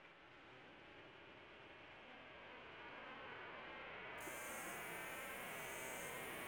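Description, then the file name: New Forest cicada song starting abruptly partway through, a thin continuous high buzz holding steady to the end over a broad hiss. "montana"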